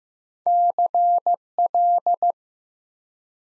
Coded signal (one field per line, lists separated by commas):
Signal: Morse code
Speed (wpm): 15 wpm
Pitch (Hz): 700 Hz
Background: none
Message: CL